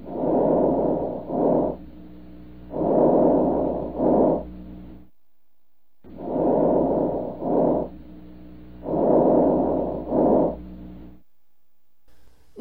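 Soft, rustling breath cycles repeat at about 22 a minute, each a short inhale followed by a brief exhale, with no wheeze. These are diminished vesicular breath sounds from an adult chest, heard by stethoscope: abnormal, shorter and fainter than normal vesicular sounds. Causes include early pneumonia, a chest full of mucus needing a cough expectorant, COPD or pneumothorax.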